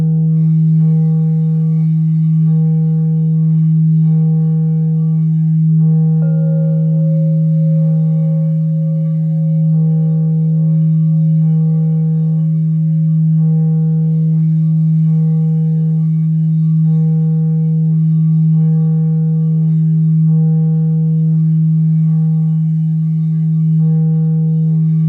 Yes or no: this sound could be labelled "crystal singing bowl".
yes